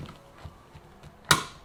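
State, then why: Seated. A J1772 charging connector on a ShockFlo Tesla-to-J1772 adapter is plugged into an electric car's charge port, with quiet handling noise and faint taps before a sharp, bright snap at 1.3 s that rings out briefly. The connection goes in solid, and the latch clip snaps down easily without extra pressure, so the connector is seated.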